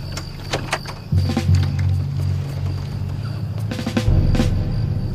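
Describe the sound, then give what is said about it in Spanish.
In a scene from the film Gran Torino, a young man in a dark garage tries to force a car door lock with a slim jim (a flat metal bar): scattered metallic clicks and scrapes over a steady low mechanical hum that swells louder partway through, with no voices. “El chico intenta abrir la puerta del coche con una pletina.”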